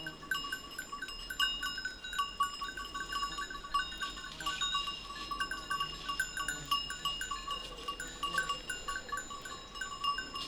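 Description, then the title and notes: Goats' bells jingle irregularly throughout in bright metallic tones, with a broader clatter near the middle. A few goats grazing on a sloping meadow, their bells tinkling at random; Montcel near Chambéry, Savoie, France. "Village Tipi, Route du Revard, Chalets de la Clusaz, Montcel, Chambéry, Savoie, Auvergne-Rhône-Alpes, France métropolitaine, 73100, France - Les chèvres. Quelques chèvres broutent dans une prairie en pente, le raffiné tintement aléatoire de leurs clochettes empli l'espace, un discret criquet stridule dans les herbes"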